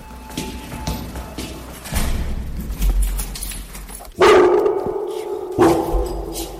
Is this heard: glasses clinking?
no